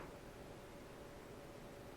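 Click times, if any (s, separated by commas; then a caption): none. A small plastic trim piece is lined up with the two slots in a console tray before being pushed home. Only quiet, steady handling noise is heard, and nothing has clicked or seated yet.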